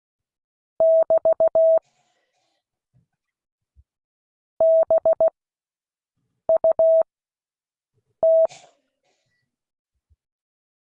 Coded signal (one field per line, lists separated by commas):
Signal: Morse code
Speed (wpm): 16 wpm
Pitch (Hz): 650 Hz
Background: none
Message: <BT> BUT